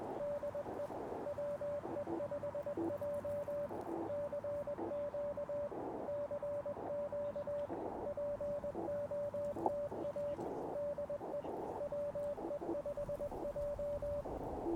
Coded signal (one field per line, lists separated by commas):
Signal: Morse code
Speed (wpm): 20 wpm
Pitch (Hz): 580 Hz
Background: radio noise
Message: DE WE5J CQ CQ POTA DE WE5J